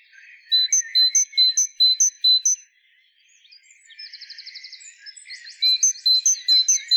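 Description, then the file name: Great tit calls: a steady run of about five bright two-part notes, then buzzy trills, then the repeated bright notes return. "Parus major"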